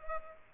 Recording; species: mosquito wingbeat signal from an infrared sensor; Culex pipiens